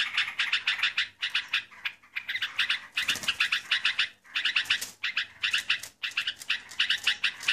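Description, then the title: Yellow-vented Bulbul calls: busy bursts of grating chirps, broken roughly every second by short pauses. A few sharper, louder notes stand out partway through. "burung rucukan"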